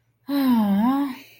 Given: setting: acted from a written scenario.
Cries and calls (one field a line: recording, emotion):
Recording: vocal sound without words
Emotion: disappointment